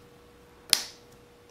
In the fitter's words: then that'll just hear it click in. Now that's done.